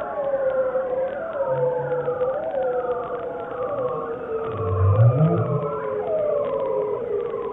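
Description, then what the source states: Bearded seal underwater calls: long wavering tones sliding downward in repeated undulating sweeps, with low rumbling notes beneath around the middle. Male bearded seals recorded underwater with a special microphone; low-frequency glissando calls used to communicate over huge distances; likened to science-fiction or UFO-landing sounds.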